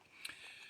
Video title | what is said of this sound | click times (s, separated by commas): Marcottage aérien rapide et facile ! | en fait ça va s'emboîter et se clipser alors ça assez dur à clipser | 0.2 s